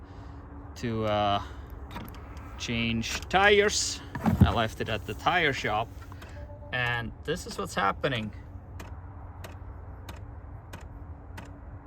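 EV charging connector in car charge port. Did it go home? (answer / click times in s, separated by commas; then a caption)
no / none. A Supercharger connector is plugged into the charge port of a Tesla Model 3 AWD at 13% charge in below-freezing weather, while someone talks over a low background hum. From about 8.8 s, a regular series of mechanical clicks repeats roughly every 0.65 s as the port's locking pin keeps trying to engage. The latch never locks, and nothing has seated or clicked home.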